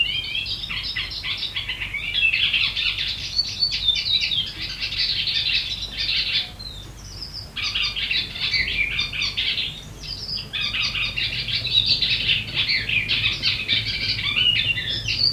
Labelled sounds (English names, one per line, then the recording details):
Icterine Warbler
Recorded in the wild
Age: adult
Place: Bodensdorf, AT
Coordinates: 46.68, 13.97
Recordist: Brunner, Thomas
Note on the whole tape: Aufnahme: Frühjahr 1961, bei Sigl in der Wohnung, Bodensdorf, Ossiachersee, Kärnten